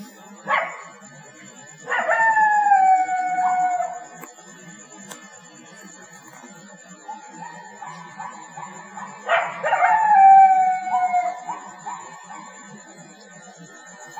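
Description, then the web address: Coyotes howling and yipping: two bursts of wavering, sliding howls with quavering yips between them, pausing quietly in between. Several coyotes, Laurel Canyon. "Scott Laurel Canyon Coyotes"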